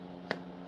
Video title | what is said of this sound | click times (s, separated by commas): Tool sharpening, chat and more! | Oh, that nice click. Listen to that. This is a good wet form. | 0.3 s